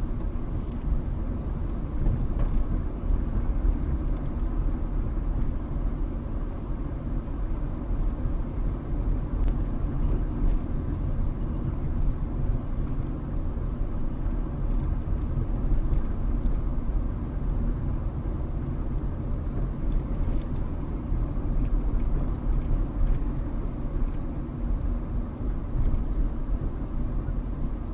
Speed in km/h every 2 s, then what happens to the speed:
29, 29, 29, 29, 29, 27, 29, 29, 29, 29, 29, 29, 29, 27.
0-28 steady at about 29.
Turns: none.